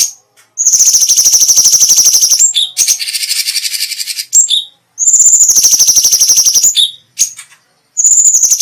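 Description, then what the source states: Cucak cungkok song: long, fast, shrill trills with a slightly falling pitch, broken by brief harsh chatter and short gaps. Special song bursts ("tembakan istimewa").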